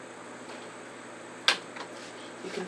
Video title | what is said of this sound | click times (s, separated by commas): Brother PRS 100 Brother Hat Hoop Unbox & Set-Up | so if i push this you can feel it and hear it click in place okay | 1.5 s